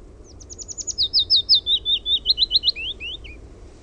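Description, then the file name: Willow warbler song: a soft, sweet phrase of clear whistled notes that starts high and steps gradually lower, fading out at the end, over a low background rumble. "PAJULINTU"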